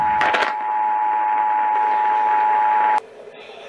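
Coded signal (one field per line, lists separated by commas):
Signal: Emergency Alert System (SAME) tones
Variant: 853 and 960 Hz attention tone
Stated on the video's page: Freeze warning, special marine warning for confirmed waterspouts, and required weekly test.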